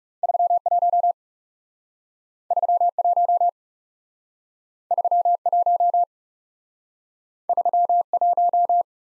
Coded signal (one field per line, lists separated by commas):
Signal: Morse code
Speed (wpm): 37 wpm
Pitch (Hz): 700 Hz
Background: none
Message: 31 31 31 31